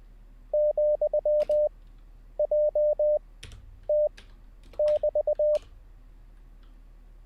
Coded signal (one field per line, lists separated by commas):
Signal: Morse code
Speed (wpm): 20 wpm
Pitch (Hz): 600 Hz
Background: none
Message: ,JT<BT>